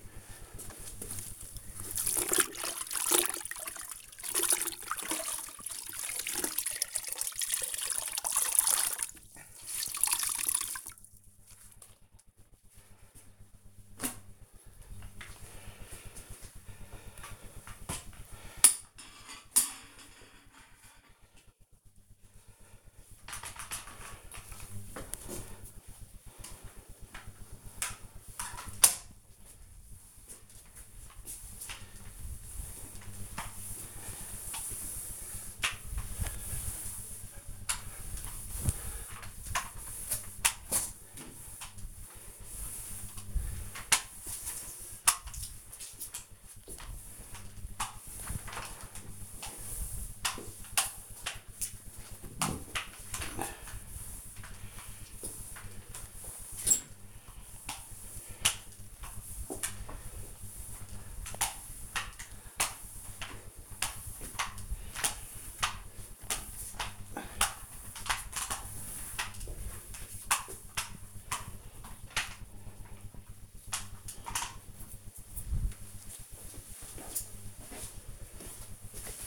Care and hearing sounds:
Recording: household activities, microphone on the right wrist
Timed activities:
0.00-71.77 s: floor cleaning

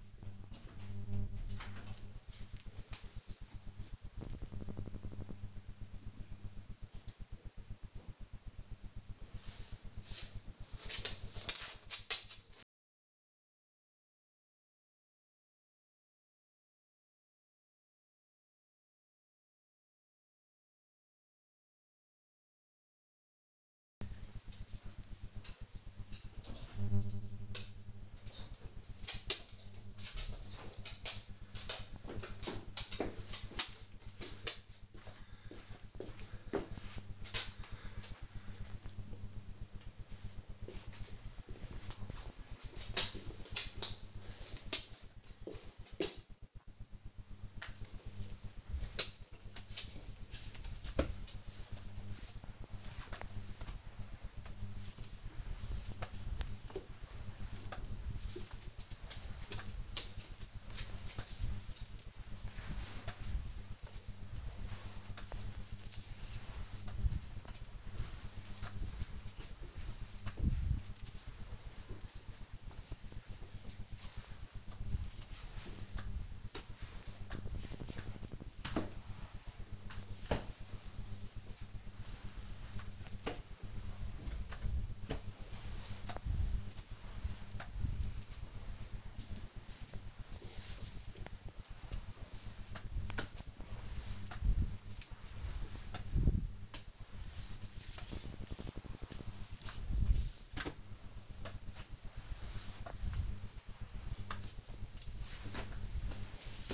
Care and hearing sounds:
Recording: household activities, microphone on the right wrist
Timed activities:
46.87-106.74 s: floor cleaning

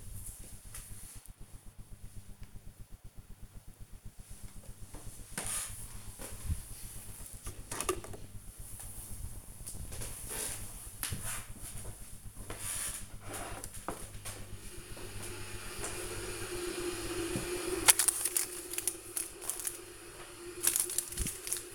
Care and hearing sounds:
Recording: household activities, microphone on the right wrist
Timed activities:
3.99-21.75 s: making tea

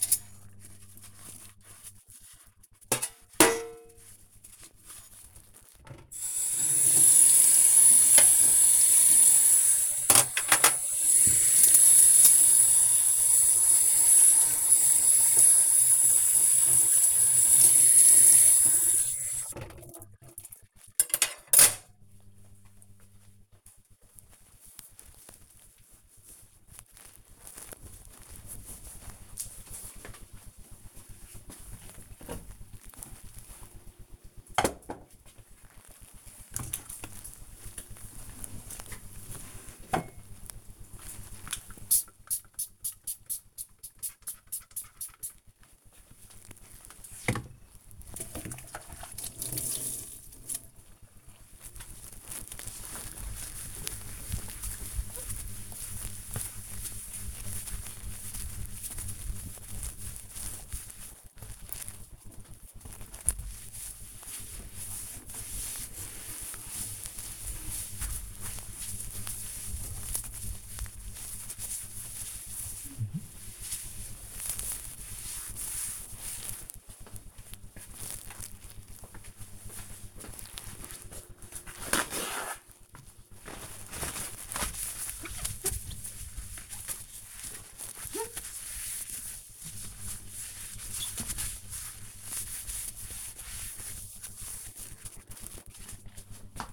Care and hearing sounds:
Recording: household activities, microphone on the right wrist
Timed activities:
0.00-20.78 s: washing dishes
35.92-95.38 s: cleaning table

